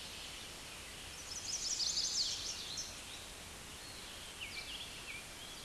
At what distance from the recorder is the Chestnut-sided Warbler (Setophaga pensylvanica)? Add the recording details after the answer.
about 25 m. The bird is about level with the microphone. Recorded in a Pennsylvania forest on 16 May 2024 at 08:54. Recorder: AudioMoth, point MSD-2181. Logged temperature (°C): 12.8 °C. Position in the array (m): 136 m, 123 m